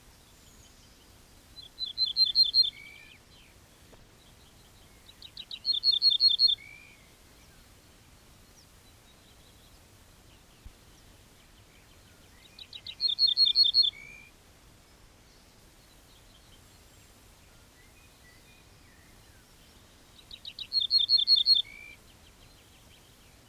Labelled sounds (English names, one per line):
Ortolan Bunting song